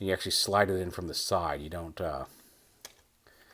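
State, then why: Seated. Someone talks for about two seconds, then a small plastic missile or gun piece is slid from the side into a cutout on a Mastermind Creations Reformatted R-51 Proditor Nimbus transforming robot figure. A sharp click sounds at 2.8 s, followed by a faint, longer rustle near 3.3 s. The piece is seated and locks in place.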